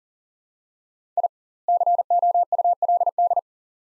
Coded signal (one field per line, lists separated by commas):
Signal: Morse code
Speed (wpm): 39 wpm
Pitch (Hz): 700 Hz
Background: none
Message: I COULD